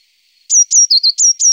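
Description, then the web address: Eurasian blue tit song: crisp high downslurred notes with a pair of slightly lower quick notes between them, in a rapid, bright sequence. "Przyroda ptaki i zwierzęta Modraszka"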